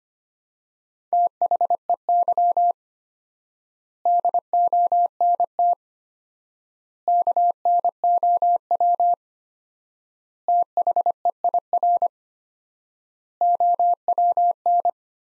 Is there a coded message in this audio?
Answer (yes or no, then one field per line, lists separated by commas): yes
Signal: Morse code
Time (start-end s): 1.1-14.9 s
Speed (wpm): 25 wpm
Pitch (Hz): 700 Hz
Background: none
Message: THEY DONT KNOW THEIR OWN